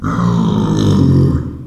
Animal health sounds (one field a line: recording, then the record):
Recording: squeal of a Yucatan mini pig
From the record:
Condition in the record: after surgery on the right vocal fold (resection and tissue-engineered implant)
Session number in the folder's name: 13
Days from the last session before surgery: 113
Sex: female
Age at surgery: 19 weeks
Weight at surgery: 25 kg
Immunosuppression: prednisolone